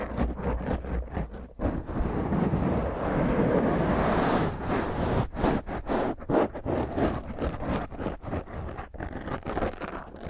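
Fingernails scratch roughly and hard across a microphone, making a dense, grainy rasp that runs almost without pause. The scraping swells into a thick, continuous smear between about two and five seconds, then breaks into quicker strokes with brief gaps and sharp cut-offs toward the end.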